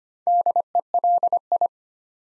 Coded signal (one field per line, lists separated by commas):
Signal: Morse code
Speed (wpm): 25 wpm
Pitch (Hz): 700 Hz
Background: none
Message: DELI